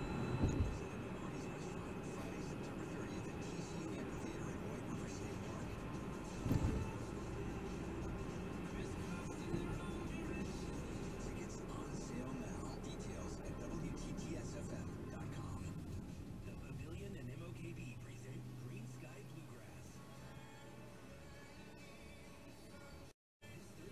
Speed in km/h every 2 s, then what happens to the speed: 63, 64, 63, 61, 58, 55, 52, 27, 5, 0, 0, 0.
0-5 steady at about 63. 5-17 brakes to 0. 17-24 standing.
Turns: none.